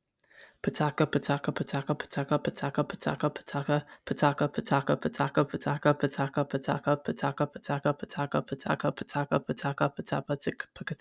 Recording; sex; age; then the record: repeated syllables /pa ta ka/; male; 20 to 29 years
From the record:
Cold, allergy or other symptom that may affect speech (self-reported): no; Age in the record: 23 years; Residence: Kentucky, United States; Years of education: 12